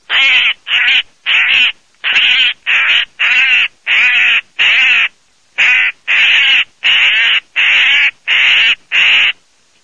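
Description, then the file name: Eurasian magpie giving harsh, rasping chatter calls, a long series of loud bursts at a quick pace. "GAZZABOSCO"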